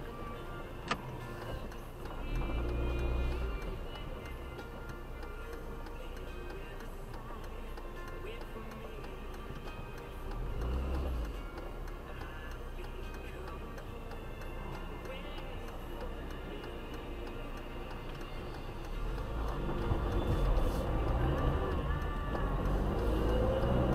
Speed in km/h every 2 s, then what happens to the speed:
0, 3, 1, 0, 0, 0, 0, 0, 0, 0, 11, 13.
4-19 standing. 19-24 pulls away to 13.